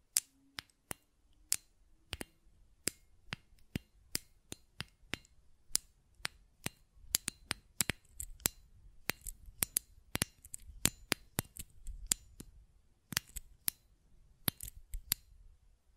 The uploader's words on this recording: ASMR Button Clicking and Tapping Sounds (No Talking).